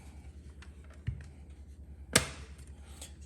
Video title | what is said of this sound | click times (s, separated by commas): TUTO Installation d'un boitier Apple carplay (ou Android auto) dans la Dacia Spring sans fil ! | ok donc là on est clipsé ici et on clique c'est | 2.2 s